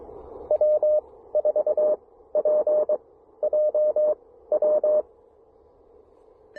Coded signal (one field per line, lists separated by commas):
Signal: Morse code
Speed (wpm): 20 wpm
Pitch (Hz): 590 Hz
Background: none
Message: W4PJW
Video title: Fall Leaf Colors: A flashback to October 2023 and some Elecraft KX1 & MC-750 Lakeside QRP POTA!